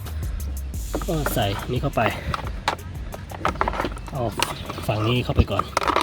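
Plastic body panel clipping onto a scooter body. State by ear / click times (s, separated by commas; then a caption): not seated / none. After topping up the coolant on a Honda Click 150i, its plastic body panel is being refitted onto the scooter body while someone talks, with sharp short clicks and knocks of the plastic as it is handled and pressed into position. The panel is handled but has not snapped into its lock yet; nothing has seated or clicked home by the end.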